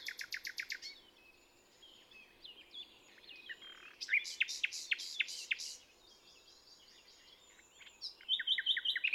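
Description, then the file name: Common nightingale song: a fast rattle at the start, a burst of loud repeated notes near the middle, and a rapid phrase at the close, with softer notes between. "Luscinia megarhynchos"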